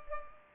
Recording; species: mosquito wingbeat signal from an infrared sensor; Culex pipiens